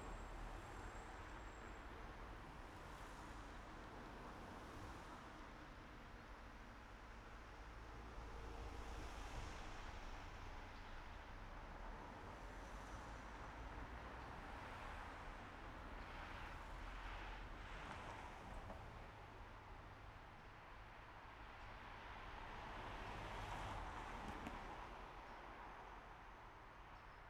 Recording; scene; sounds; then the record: everyday scene through a hearing-aid microphone; in traffic; traffic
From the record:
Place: main road on the outskirts, rush hour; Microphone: behind the ear, right, front